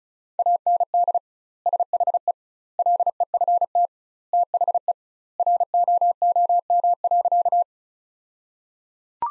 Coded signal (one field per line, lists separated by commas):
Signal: Morse code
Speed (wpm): 34 wpm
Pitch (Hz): 700 Hz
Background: none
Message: AND SHE LEFT THE ROOM.